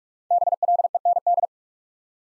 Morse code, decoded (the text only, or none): BLEND